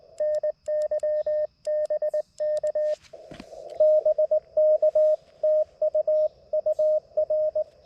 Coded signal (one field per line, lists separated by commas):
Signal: Morse code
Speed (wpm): 20 wpm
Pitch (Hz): 610 Hz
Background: none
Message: NY BK BK TU UR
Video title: A quick QRP CW POTA activation with the LNR Precision MTR-4B